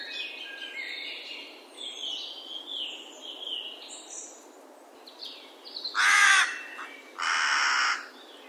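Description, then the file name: Carrion crow giving two loud, harsh caws near the end, after several seconds of varied twittering and whistled songbird notes in the background. "Corvus corone"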